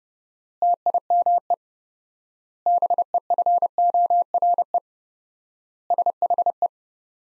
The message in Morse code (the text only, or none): TIME BEFORE SHE